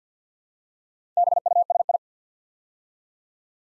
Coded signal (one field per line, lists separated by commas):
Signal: Morse code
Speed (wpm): 50 wpm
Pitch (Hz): 700 Hz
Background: none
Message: BUSI